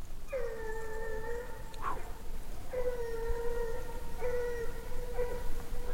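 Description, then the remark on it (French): A dog howls in long, steady, mid-pitched wails, a sustained cry followed by a brief yelp, then a series of shorter howls, fairly loud over a low background rumble with no talking. “Là, le chien, il est fort, hein, du coup.”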